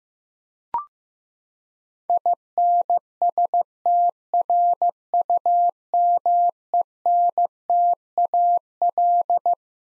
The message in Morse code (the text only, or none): INSTRUMENTAL